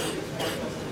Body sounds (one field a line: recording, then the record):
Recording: coughing mixed with background sound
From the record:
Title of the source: 60 coughing still (deep and wet cough)